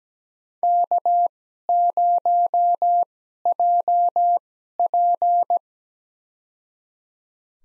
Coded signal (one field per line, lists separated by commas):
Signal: Morse code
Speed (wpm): 17 wpm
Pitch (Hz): 700 Hz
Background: none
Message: K0JP